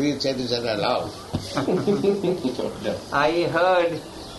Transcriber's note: laughter